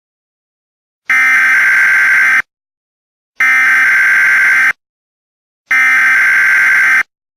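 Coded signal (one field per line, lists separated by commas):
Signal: Emergency Alert System (SAME) tones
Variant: header bursts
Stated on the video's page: Fictional EAS scenario made for entertainment, not a real alert.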